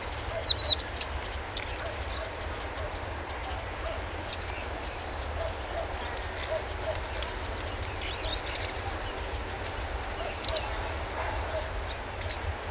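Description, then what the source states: Crickets giving a faint, continuous high chirping band, with a few brief bird notes and a steady low rumble underneath. Wetland ambience.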